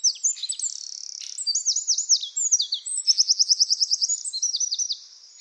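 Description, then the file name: Eurasian wren song: a loud, hurried stream of very high looping notes with a fast, even trill in the middle and more rolling phrases after it. "Troglodytes troglodytes"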